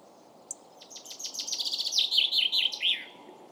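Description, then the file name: Common chaffinch song phrase: a quickening series of sharp notes dropping in pitch into a rattling trill and a final flourish. "Fringilla coelebs"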